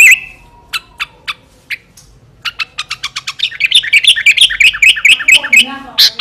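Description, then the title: Sooty-headed bulbul song: a few spaced sharp chirps, then a fast run of bright, twittering notes rising into a dense, repeated chatter. "Kutilang"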